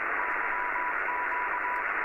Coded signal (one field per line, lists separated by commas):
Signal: Morse code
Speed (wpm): 21 wpm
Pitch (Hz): 980 Hz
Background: radio noise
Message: YQ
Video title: live hf radio g3msl wspr and looking around 80m g3msl